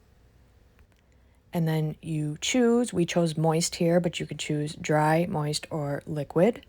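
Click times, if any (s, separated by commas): 0.8 s, 0.9 s, 1.0 s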